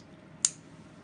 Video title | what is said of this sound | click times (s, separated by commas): JinHao X750 Chinese Fountain Pen Review | with a really solid click | 0.4 s